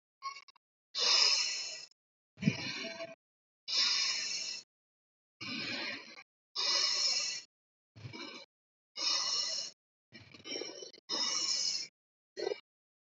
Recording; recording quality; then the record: deep breathing; excellent, no background noise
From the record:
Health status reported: healthy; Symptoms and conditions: none ticked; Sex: female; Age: 23 years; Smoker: not ticked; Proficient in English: yes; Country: India